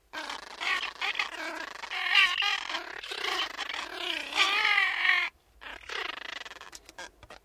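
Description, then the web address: Gulls calling almost continuously with wavering, mewing harmonic cries that rise and fall, then a short pause before more calling. Gulls talking. "Tom Hutchings Seagulls Talking"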